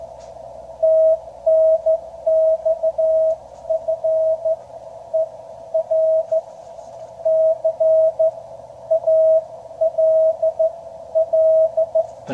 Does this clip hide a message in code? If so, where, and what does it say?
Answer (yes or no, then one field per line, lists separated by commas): yes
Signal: Morse code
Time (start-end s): 0.8-12.0 s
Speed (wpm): 14 wpm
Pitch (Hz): 660 Hz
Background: none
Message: TNX FER CALL